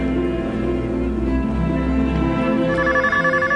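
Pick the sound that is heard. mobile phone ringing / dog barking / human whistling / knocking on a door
mobile phone ringing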